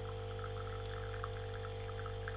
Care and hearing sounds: daily activity, microphone in the room; make coffee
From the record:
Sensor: 4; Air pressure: 1010.2 hPa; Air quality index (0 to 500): 180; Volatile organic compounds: 5 ppm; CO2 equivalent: 1826 ppm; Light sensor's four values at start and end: 29/85/33/33 and 29/85/33/33

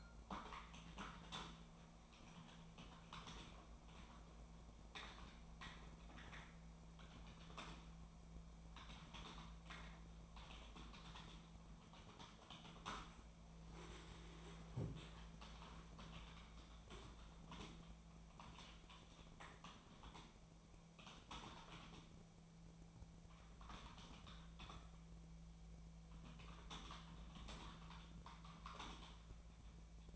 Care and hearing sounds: daily activity, microphone in the room; typing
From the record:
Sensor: 1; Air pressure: 1000.2 hPa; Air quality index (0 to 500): 141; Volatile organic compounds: 3 ppm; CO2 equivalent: 1329 ppm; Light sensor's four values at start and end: 31/77/32/39 and 31/77/32/39

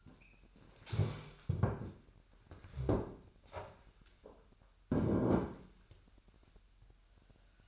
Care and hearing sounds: daily activity, microphone in the room; stand up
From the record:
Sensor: 2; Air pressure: 998.4 hPa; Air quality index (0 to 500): 126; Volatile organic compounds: 3 ppm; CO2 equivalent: 1422 ppm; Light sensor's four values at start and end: 6/14/6/6 and 5/11/5/5

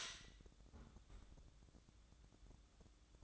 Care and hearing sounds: daily activity, microphone in the room; close fridge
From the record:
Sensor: 3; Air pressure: 1007.7 hPa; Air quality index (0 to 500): 74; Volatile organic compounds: 1 ppm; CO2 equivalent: 654 ppm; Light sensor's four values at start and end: 12/28/12/12 and 12/28/12/12

